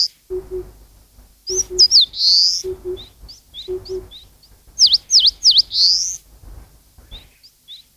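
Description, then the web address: Eastern crowned warbler song: rapid V-shaped high notes, then a rising buzzy note, twice, with soft short high chips between and low double hoots underneath. "sikioto. sendaimushikui"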